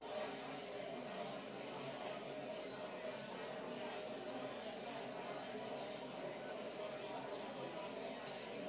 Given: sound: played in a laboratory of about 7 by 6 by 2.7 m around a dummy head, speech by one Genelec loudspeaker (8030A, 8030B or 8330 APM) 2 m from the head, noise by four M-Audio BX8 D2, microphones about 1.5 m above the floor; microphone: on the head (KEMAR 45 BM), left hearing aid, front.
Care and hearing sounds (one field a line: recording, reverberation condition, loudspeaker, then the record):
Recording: babble noise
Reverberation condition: medium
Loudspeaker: four, about 170 cm from the corners of the room and facing them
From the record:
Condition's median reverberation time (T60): about 510 ms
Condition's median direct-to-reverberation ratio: about -0.5 dB